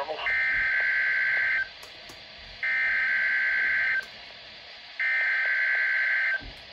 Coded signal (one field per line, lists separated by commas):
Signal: Emergency Alert System (SAME) tones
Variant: header bursts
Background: speech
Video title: EAS 447 WXM33’s RWT